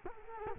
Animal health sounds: mosquito wingbeat signal from an infrared sensor; Culex quinquefasciatus

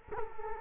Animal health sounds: mosquito wingbeat signal from an infrared sensor; Culex quinquefasciatus

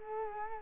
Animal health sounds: mosquito wingbeat signal from an infrared sensor; Culex quinquefasciatus

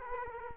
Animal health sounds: mosquito wingbeat signal from an infrared sensor; Culex quinquefasciatus

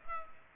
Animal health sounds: mosquito wingbeat signal from an infrared sensor; Culex pipiens

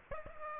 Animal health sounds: mosquito wingbeat signal from an infrared sensor; Aedes aegypti

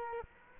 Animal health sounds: mosquito wingbeat signal from an infrared sensor; Culex quinquefasciatus

